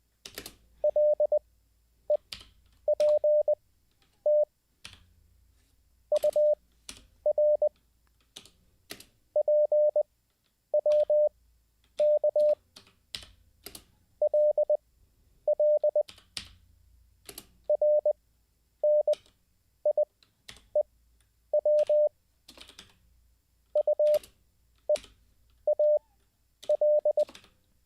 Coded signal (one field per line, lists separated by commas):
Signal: Morse code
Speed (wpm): 20 wpm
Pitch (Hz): 600 Hz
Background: none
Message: LEPT UR PWK LL RNIEW UEAL